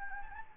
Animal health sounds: mosquito wingbeat signal from an infrared sensor; Anopheles gambiae

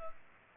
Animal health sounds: mosquito wingbeat signal from an infrared sensor; Culex pipiens

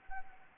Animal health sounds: mosquito wingbeat signal from an infrared sensor; Anopheles arabiensis

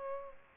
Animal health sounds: mosquito wingbeat signal from an infrared sensor; Culex pipiens

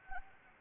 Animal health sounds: mosquito wingbeat signal from an infrared sensor; Anopheles arabiensis

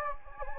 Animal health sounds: mosquito wingbeat signal from an infrared sensor; Anopheles gambiae

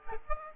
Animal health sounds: mosquito wingbeat signal from an infrared sensor; Aedes aegypti

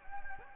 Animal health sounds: mosquito wingbeat signal from an infrared sensor; Anopheles gambiae

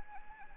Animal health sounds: mosquito wingbeat signal from an infrared sensor; Anopheles arabiensis

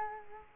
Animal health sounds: mosquito wingbeat signal from an infrared sensor; Culex quinquefasciatus

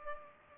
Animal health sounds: mosquito wingbeat signal from an infrared sensor; Culex pipiens

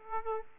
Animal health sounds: mosquito wingbeat signal from an infrared sensor; Aedes aegypti

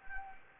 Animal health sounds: mosquito wingbeat signal from an infrared sensor; Anopheles gambiae

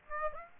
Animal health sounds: mosquito wingbeat signal from an infrared sensor; Aedes aegypti

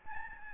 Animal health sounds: mosquito wingbeat signal from an infrared sensor; Aedes albopictus

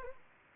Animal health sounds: mosquito wingbeat signal from an infrared sensor; Anopheles arabiensis

